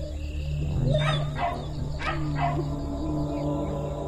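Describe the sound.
Dog barking in a short series of sharp barks, with a steady low hum underneath throughout.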